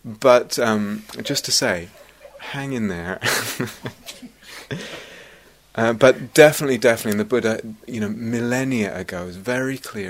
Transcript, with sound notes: But just to say, hang in there! [laughs] But definitely, definitely, and the Buddha, you know, millennia ago, was very clear: